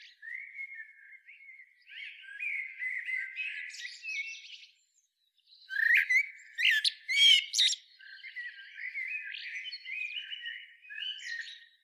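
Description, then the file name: Eurasian blackbird song: low-level warbling and twittering, a brief silence, then a louder burst of sharp squeaks and chirps before quieter chatter resumes. "Turdus merula"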